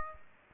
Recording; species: mosquito wingbeat signal from an infrared sensor; Aedes aegypti